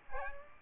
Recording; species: mosquito wingbeat signal from an infrared sensor; Aedes aegypti